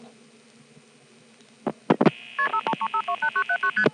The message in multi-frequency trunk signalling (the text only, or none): KP53528979ST